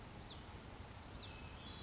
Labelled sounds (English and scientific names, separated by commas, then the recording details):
Western Flycatcher (Empidonax difficilis)
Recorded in Sonoma County, California